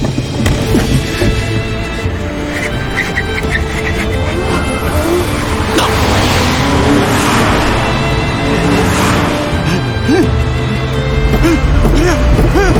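A car engine roars at high speed with rising and falling revs during a car chase on a widening road approaching a tunnel entrance with a sharp left turn, tires squealing and skidding amid a dense, loud mix of chase noise and a brief impact-like crunch.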